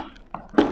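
A plastic caster wheel is pressed into its socket in the base of an upturned Genesis Hydrovac Compact vacuum bucket and seats with a short, soft click at 0.4 s. A fainter tick follows at about 0.5 s, then a louder, duller thunk at 0.6 s as the wheel is confirmed in place.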